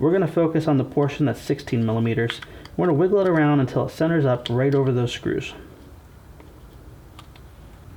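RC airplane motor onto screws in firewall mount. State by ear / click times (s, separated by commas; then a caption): not seated / none. Someone talks while a brushless RC airplane motor's base is wiggled on the power pod firewall mount so its 16 mm hole spacing centres over the mounting screws. After the talking stops, a few faint, short handling taps are heard against a quiet background. Nothing has seated or popped into place yet.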